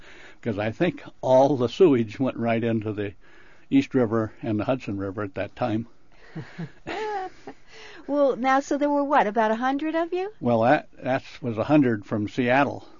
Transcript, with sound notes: 'Cause I think all the sewage went right into the East River and the Hudson River at that time [laughs]
[Laughs] Well, now, so there were what, about a hundred of you?
Well, that was a hundred from Seattle.